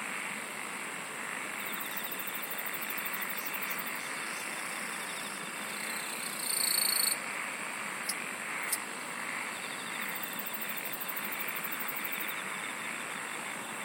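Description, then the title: Insects chirring: an unbroken high-pitched drone with fast pulsed trills that come and go, a louder buzzy burst around the middle, and two sharp clicks. "SINGING OF INSECTS"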